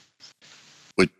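Soft breathy room noise, then a single sharp, explosive cough from an adult man near the end, loud and very brief. It is one very forceful, isolated cough, loud enough to sound like a blaster shot, with no wheeze or repeated bouts following it.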